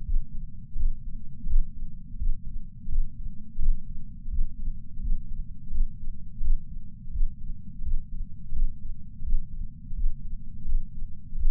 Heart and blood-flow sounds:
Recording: heart sounds by patch sensor on the chest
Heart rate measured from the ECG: 85 bpm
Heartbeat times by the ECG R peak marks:
0.03 s: heartbeat
0.75 s: heartbeat
1.46 s: heartbeat
2.16 s: heartbeat
2.88 s: heartbeat
3.58 s: heartbeat
4.28 s: heartbeat
5.00 s: heartbeat
5.70 s: heartbeat
6.40 s: heartbeat
7.10 s: heartbeat
7.82 s: heartbeat
8.52 s: heartbeat
9.22 s: heartbeat
9.94 s: heartbeat
10.65 s: heartbeat
11.35 s: heartbeat
From the record:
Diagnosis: coronary artery disease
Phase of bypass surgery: postoperative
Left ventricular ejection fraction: 60%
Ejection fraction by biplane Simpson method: 61.8%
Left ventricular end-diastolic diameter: 47 mm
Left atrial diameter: 40 mm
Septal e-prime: 4.5 cm/s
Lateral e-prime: 6.3 cm/s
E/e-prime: 20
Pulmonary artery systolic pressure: 28 mmHg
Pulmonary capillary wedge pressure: 14 mmHg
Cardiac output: 5.9 L/min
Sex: male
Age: 62 years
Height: 165 cm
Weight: 72 kg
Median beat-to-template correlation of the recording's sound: 0.87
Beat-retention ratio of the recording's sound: 1.00

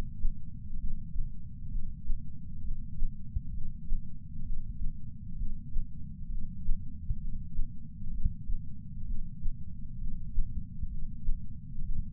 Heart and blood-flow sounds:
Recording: heart sounds by patch sensor on the chest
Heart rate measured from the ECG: 65 bpm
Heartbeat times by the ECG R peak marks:
0.76 s: heartbeat
1.68 s: heartbeat
2.60 s: heartbeat
3.50 s: heartbeat
4.42 s: heartbeat
5.34 s: heartbeat
6.27 s: heartbeat
7.17 s: heartbeat
8.09 s: heartbeat
9.03 s: heartbeat
9.96 s: heartbeat
10.87 s: heartbeat
11.81 s: heartbeat
From the record:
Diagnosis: coronary artery disease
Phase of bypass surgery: preoperative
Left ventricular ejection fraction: 53.1%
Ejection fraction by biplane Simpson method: 48.3%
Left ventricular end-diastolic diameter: 61 mm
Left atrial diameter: 40 mm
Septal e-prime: 7 cm/s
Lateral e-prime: 11.9 cm/s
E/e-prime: 9.8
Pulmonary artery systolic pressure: 34 mmHg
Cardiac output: 5.1 L/min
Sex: female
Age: 60 years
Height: 158 cm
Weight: 54 kg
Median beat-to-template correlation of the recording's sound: 0.90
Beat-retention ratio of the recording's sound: 1.00

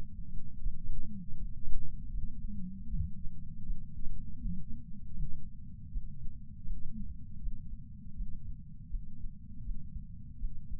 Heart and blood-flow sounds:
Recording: heart sounds by patch sensor on the chest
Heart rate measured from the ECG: 80 bpm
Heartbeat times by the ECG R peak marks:
0.60 s: heartbeat
1.36 s: heartbeat
2.11 s: heartbeat
2.87 s: heartbeat
3.63 s: heartbeat
4.38 s: heartbeat
5.14 s: heartbeat
5.89 s: heartbeat
6.64 s: heartbeat
7.39 s: heartbeat
8.14 s: heartbeat
8.88 s: heartbeat
9.62 s: heartbeat
10.37 s: heartbeat
From the record:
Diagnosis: coronary artery disease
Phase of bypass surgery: intraoperative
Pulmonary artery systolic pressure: 27 mmHg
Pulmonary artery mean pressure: 22 mmHg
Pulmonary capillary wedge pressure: 12 mmHg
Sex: male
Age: 49 years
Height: 175 cm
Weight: 80 kg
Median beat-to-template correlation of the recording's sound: 0.80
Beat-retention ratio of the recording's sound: 1.00

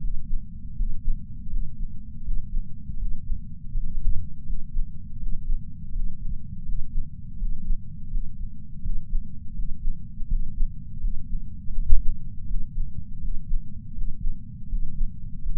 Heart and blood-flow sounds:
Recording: heart sounds by patch sensor on the chest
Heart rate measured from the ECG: 82 bpm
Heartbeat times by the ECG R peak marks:
0.74 s: heartbeat
1.47 s: heartbeat
2.23 s: heartbeat
2.97 s: heartbeat
3.71 s: heartbeat
4.43 s: heartbeat
5.18 s: heartbeat
5.91 s: heartbeat
6.64 s: heartbeat
7.37 s: heartbeat
8.09 s: heartbeat
8.81 s: heartbeat
9.54 s: heartbeat
10.27 s: heartbeat
11.00 s: heartbeat
11.73 s: heartbeat
12.46 s: heartbeat
13.20 s: heartbeat
13.93 s: heartbeat
14.67 s: heartbeat
15.41 s: heartbeat
From the record:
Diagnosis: coronary artery disease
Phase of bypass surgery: postoperative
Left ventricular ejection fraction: 59.1%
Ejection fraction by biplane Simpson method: 55%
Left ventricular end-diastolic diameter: 46 mm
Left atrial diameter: 34 mm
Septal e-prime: 8 cm/s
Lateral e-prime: 6.5 cm/s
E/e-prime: 8.7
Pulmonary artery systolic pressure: 22 mmHg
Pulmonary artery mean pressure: 11 mmHg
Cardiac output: 4.38 L/min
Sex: male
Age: 58 years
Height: 160 cm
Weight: 70 kg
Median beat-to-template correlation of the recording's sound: 0.85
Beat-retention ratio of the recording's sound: 0.99

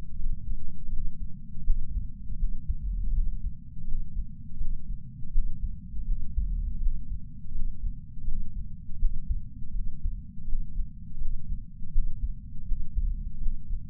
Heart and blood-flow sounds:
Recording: heart sounds by patch sensor on the chest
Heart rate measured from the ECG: 82 bpm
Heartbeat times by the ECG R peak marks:
0.16 s: heartbeat
0.90 s: heartbeat
1.63 s: heartbeat
2.37 s: heartbeat
3.11 s: heartbeat
3.85 s: heartbeat
4.58 s: heartbeat
5.31 s: heartbeat
6.05 s: heartbeat
6.79 s: heartbeat
7.52 s: heartbeat
8.25 s: heartbeat
8.98 s: heartbeat
9.72 s: heartbeat
10.45 s: heartbeat
11.18 s: heartbeat
11.91 s: heartbeat
12.65 s: heartbeat
13.39 s: heartbeat
From the record:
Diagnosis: coronary artery disease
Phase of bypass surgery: postoperative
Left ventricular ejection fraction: 39.2%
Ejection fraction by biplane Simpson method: 34.1%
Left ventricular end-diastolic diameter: 57 mm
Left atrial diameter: 41 mm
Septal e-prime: 4.9 cm/s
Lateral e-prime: 6.9 cm/s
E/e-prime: 12.9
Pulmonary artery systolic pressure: 24 mmHg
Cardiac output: 4.6 L/min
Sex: male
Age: 72 years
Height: 170 cm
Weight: 79 kg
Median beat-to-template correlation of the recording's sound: 0.87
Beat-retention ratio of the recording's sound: 0.99

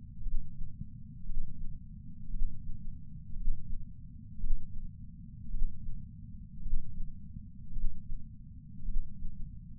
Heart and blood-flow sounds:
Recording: heart sounds by patch sensor on the chest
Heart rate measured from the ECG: 56 bpm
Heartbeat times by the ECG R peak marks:
0.21 s: heartbeat
1.24 s: heartbeat
2.29 s: heartbeat
3.35 s: heartbeat
4.38 s: heartbeat
5.49 s: heartbeat
6.61 s: heartbeat
7.71 s: heartbeat
8.83 s: heartbeat
From the record:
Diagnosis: coronary artery disease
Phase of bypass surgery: intraoperative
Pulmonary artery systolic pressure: 28 mmHg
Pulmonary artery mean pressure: 14 mmHg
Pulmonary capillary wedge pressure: 11 mmHg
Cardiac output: 5.5 L/min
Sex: male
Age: 57 years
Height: 175 cm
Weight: 80 kg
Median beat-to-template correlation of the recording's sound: 0.94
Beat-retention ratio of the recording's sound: 0.97

